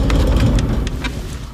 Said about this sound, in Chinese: 哎呀，真是雨下得太大了。这边还打雷呢。你听。听见没有？